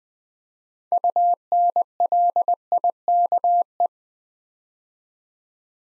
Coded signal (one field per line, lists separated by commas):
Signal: Morse code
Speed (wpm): 20 wpm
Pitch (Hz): 700 Hz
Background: none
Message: UNLIKE